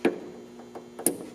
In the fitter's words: fold it over is this for the running light you'll squeeze it until you feel it click and if necessary you can use some pliers so